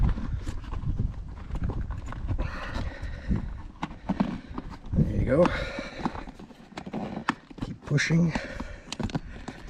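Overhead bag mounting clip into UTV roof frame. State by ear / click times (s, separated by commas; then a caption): not seated / none. Someone pushes and squeezes an overhead storage bag's mounting piece under the roll-cage or roof trim of a Can-Am Maverick X3 side-by-side. Someone talks over scattered knocks, taps and rubbing, with short squeaky creaks around 5.0 to 5.5 s and 8.2 s. Nothing has seated or snapped into place yet.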